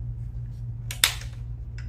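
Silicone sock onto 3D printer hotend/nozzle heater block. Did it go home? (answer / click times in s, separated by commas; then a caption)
yes / 0.9 s, 1.0 s. A silicone sock for a Bambu Lab A1 Series 3D printer is squeezed onto the hotend's nozzle heater block after its two top clips are hooked into their notches. Two sharp snaps at 0.9 s and 1.0 s, the second louder, mark it clicking into place over a steady low hum, followed by a faint tick near 1.8 s. The sock is fully seated.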